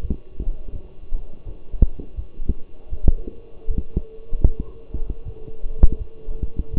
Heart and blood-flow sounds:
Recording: heart sounds by stethoscope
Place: between the tricuspid and mitral areas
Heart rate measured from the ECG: 81 bpm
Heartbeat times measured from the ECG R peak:
0.01 s: heartbeat
0.72 s: heartbeat
1.44 s: heartbeat
2.15 s: heartbeat
2.89 s: heartbeat
3.67 s: heartbeat
4.44 s: heartbeat
5.24 s: heartbeat
5.98 s: heartbeat
6.70 s: heartbeat
From the record:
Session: walking at 3.7 km/h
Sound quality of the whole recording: partially saturated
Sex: male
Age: 24 years

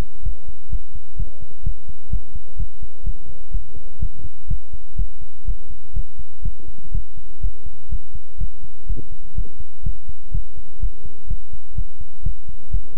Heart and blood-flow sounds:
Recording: heart sounds by stethoscope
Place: between the tricuspid and mitral areas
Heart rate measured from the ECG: 125 bpm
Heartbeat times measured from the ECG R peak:
0.23 s: heartbeat
0.69 s: heartbeat
1.16 s: heartbeat
1.63 s: heartbeat
2.10 s: heartbeat
2.56 s: heartbeat
3.03 s: heartbeat
3.51 s: heartbeat
3.99 s: heartbeat
4.47 s: heartbeat
4.96 s: heartbeat
5.45 s: heartbeat
5.93 s: heartbeat
6.42 s: heartbeat
6.91 s: heartbeat
7.40 s: heartbeat
7.89 s: heartbeat
8.38 s: heartbeat
8.86 s: heartbeat
9.35 s: heartbeat
9.83 s: heartbeat
10.31 s: heartbeat
10.80 s: heartbeat
11.27 s: heartbeat
11.75 s: heartbeat
12.23 s: heartbeat
12.70 s: heartbeat
From the record:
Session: pedaling a stationary bicycle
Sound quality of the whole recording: good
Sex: male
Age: 24 years

